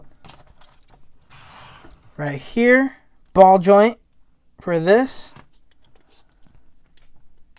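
Someone talks while handling the plastic tail of a Marvel Legends Mojo action figure, lining its ball joint up with the socket on the figure, with faint plastic ticks and taps between the words. Nothing has seated or clicked into place yet.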